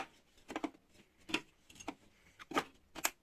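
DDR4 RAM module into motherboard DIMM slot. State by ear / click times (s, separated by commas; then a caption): seated / 3.1 s. A DDR4 memory stick is lined up by its notch and pressed into a motherboard DIMM slot, producing a series of short plastic clicks and scrapes. The module seats with a sharp click at 3.1 seconds.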